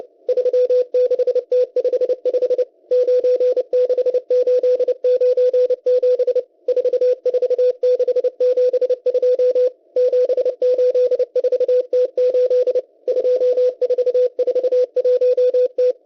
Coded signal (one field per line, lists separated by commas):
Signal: Morse code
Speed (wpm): 30 wpm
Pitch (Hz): 500 Hz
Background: radio noise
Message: 36T55 96897 44672 784T8 2441T